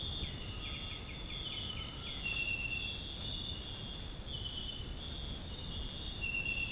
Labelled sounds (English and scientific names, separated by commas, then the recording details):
White-winged Becard (Pachyramphus polychopterus), Undulated Tinamou (Crypturellus undulatus)
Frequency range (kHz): White-winged Becard (Pachyramphus polychopterus) 1.4-3.1 kHz; Undulated Tinamou (Crypturellus undulatus) 0.7-1.7 kHz
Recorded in dense forest near Puerto Asís, Putumayo, Colombia, on 29 June 2025 at 06:00
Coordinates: 0.481, -76.323
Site G072